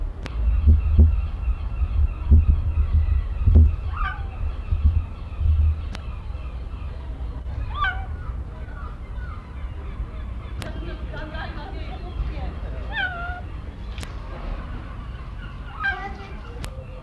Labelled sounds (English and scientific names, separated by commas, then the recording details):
Cheetah (Acinonyx jubatus)
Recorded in captivity
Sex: male
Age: adult
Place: Zoo Halle, Sachsen-Anhalt, DE
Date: 1977-09-06 14:00
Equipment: Nagra SN, Kopie Uher Variocord
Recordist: Tembrock, Günter